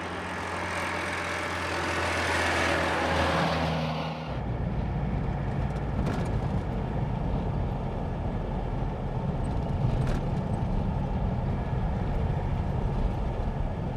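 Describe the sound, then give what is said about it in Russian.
Christian's car drives steadily along a road, its engine humming with a tonal drone for the first few seconds before giving way to a broad, constant low rumble of tire and road noise. “Автомобиль Кристиана едет по дороге.”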